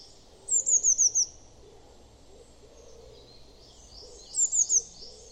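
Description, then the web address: Eurasian blue tit calling, two quick bursts of very high, thin, slurred notes, five then three, separated by about three seconds of quiet. "cianscape. Deverinetal"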